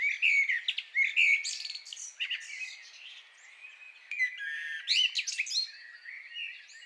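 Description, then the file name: Common blackbird giving warbled notes mixed with scratchy high notes. "Turdus merula"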